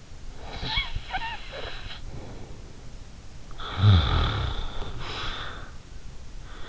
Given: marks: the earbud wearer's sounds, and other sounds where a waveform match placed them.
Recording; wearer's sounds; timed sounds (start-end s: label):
sounds in sleep by an in-ear microphone; snoring breath
0.38-2.80 s: snoring breath
3.47-5.87 s: snoring breath